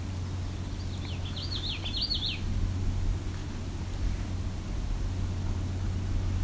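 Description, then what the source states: Common Yellowthroat song, a short burst of quick rolling high notes for about two seconds, over steady low rumble. Bird singing alongside a lake, getting very close to the recordist.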